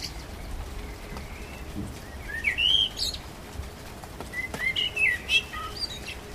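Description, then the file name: Common blackbird delivering two fluty phrases, the first rising and wavering, the second broken into chattering high notes, with quiet gaps around them. Recorded on 12 April 2010. "Amsel 20100412"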